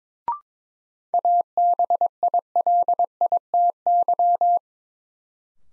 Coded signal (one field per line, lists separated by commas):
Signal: Morse code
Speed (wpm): 21 wpm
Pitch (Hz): 700 Hz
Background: none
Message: ABILITY